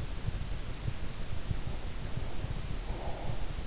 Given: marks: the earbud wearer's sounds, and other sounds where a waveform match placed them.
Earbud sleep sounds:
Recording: sounds in sleep by an in-ear microphone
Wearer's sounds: breath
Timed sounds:
1.65-3.45 s: breath

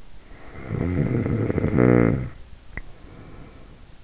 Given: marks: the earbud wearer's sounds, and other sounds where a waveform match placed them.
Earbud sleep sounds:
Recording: sounds in sleep by an in-ear microphone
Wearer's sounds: snoring breath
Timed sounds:
0.28-3.94 s: snoring breath

